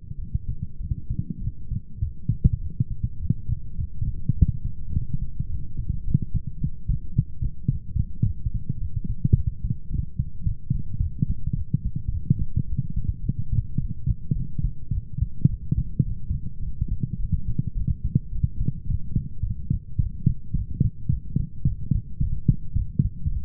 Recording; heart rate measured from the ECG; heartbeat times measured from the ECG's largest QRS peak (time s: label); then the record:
heart sounds by stethoscope; 106 bpm
0.17 s: heartbeat
0.79 s: heartbeat
1.40 s: heartbeat
2.00 s: heartbeat
2.60 s: heartbeat
3.19 s: heartbeat
3.77 s: heartbeat
4.35 s: heartbeat
4.92 s: heartbeat
5.48 s: heartbeat
6.04 s: heartbeat
6.60 s: heartbeat
7.15 s: heartbeat
7.70 s: heartbeat
8.24 s: heartbeat
8.79 s: heartbeat
9.34 s: heartbeat
9.89 s: heartbeat
10.45 s: heartbeat
11.00 s: heartbeat
11.55 s: heartbeat
12.11 s: heartbeat
12.67 s: heartbeat
13.23 s: heartbeat
13.79 s: heartbeat
14.35 s: heartbeat
14.92 s: heartbeat
15.49 s: heartbeat
16.05 s: heartbeat
16.62 s: heartbeat
17.19 s: heartbeat
17.75 s: heartbeat
18.32 s: heartbeat
18.88 s: heartbeat
19.45 s: heartbeat
20.00 s: heartbeat
20.56 s: heartbeat
21.11 s: heartbeat
21.66 s: heartbeat
22.21 s: heartbeat
22.76 s: heartbeat
23.31 s: heartbeat
From the record:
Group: healthy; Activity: light exercise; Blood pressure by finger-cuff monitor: 127/78 mmHg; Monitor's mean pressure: 94 mmHg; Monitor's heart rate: 107 bpm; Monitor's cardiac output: 10.6 L/min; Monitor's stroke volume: 101 mL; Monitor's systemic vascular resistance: 650 dyn s/cm5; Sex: male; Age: 24 years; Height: 184 cm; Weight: 89 kg